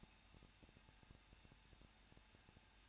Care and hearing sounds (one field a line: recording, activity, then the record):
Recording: daily activity, microphone in the room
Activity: no activity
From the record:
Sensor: 2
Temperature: 21.0 degrees Celsius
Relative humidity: 37.5%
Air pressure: 1006.3 hPa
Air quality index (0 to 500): 223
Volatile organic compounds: 25 ppm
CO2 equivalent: 2832 ppm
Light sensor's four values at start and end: 2/3/2/2 and 2/3/2/2